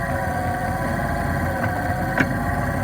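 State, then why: Seated. A removable locking piece of a 1946 anchor winch is popped back into its seat in the winch housing, over a steady engine-like idling hum. It drops in with a single sharp metallic hit at 2.2 seconds and locks into place.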